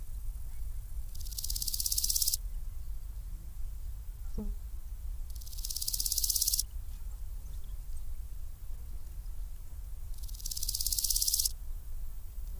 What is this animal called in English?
Large Gold Grasshopper